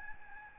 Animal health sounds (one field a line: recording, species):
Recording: mosquito wingbeat signal from an infrared sensor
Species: Aedes albopictus